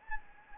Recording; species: mosquito wingbeat signal from an infrared sensor; Anopheles gambiae